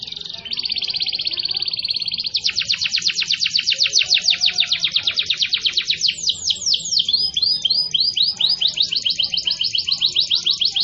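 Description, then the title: Canary song opening with a steady buzzy trill, then a long fast rattle of repeated notes, moving into a run of varied sweeping notes. Singing in the energetic, nonstop style described as gacor. "Kenari Gacor"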